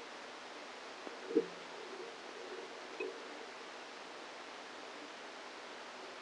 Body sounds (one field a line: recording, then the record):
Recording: brain microelectrode recording played as sound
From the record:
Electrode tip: outside the subthalamic nucleus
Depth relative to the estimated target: 3 mm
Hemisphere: right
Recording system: NeuroSet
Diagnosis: Parkinson's disease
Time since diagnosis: 7 years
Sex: female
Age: 68 years